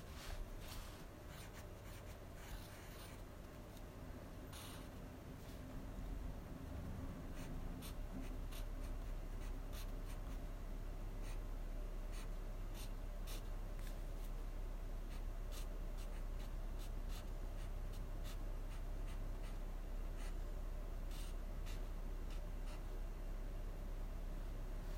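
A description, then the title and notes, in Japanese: Someone copies out a novel by hand, the pen scratching and tapping in quick, irregular strokes. Sharp little clicks come in bursts throughout, over a constant low hum. 小説の写経(模写)をしています【トークなし】。響け！ユーフォニアム』16ページを模写しました。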